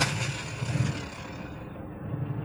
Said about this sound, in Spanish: Ika pone en marcha su coche.